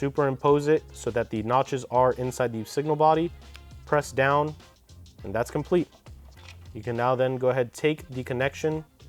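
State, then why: Not seated. Someone talks while handling an LED turn signal's wiring plug beside the motorcycle wiring harness connector it will push into, on a 2022+ Yamaha R7 with Halo-GTR turn signals. The plug has not yet been pushed home, and nothing has seated or clicked yet.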